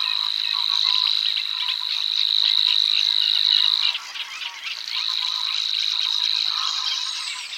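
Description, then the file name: Savi's warbler reeling song: a sustained high insect-like buzz that breaks off briefly near four seconds and then resumes, with varied chattering in the background. "Vassångare"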